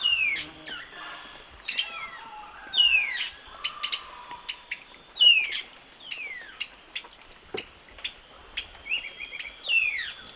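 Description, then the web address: Silvered antbird calls: sharp descending whistled notes at irregular intervals, with softer chattering notes between them, over a steady high insect hum. A pair calling and giving subsong, recorded in the eastern lowlands of South America. "Natures Songs S America Eastern Lowlands. Sclateria naevia, calls and subsong pair"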